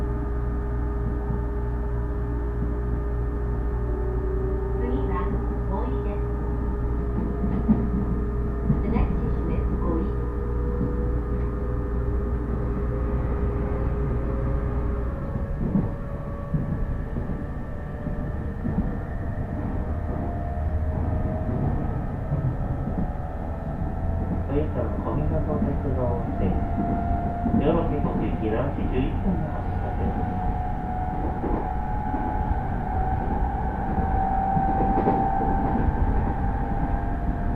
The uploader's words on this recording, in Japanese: 鉄道旅 内房線快速 千葉→木更津。千葉からは総武横須賀線の15両快速列車に乗り換えます。折り返し東京方面の需要を見越しての長大編成のため随分と空いていました。